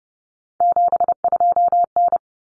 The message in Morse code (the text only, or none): 72N